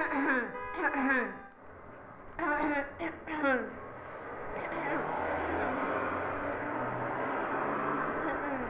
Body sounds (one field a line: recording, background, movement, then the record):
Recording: throat clearing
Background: traffic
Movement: sitting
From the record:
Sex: female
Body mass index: 18.3 kg/m2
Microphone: on the chest, facing the body